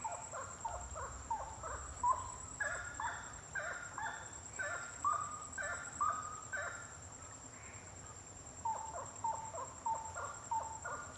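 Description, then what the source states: Bird song of quick whistled notes in bursts, a pause, then a fast run of repeated notes, with a steady high whine behind. Birds singing at night, intense song.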